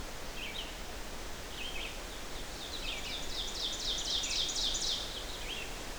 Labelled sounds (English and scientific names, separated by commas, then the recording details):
Red-eyed Vireo (Vireo olivaceus) song
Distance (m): 80 m
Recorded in boreal forest in Alberta, Canada, on 12 June 2016 at 05:45
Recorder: SongMeter 3, array SBT-3-18
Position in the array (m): 238 m, 100 m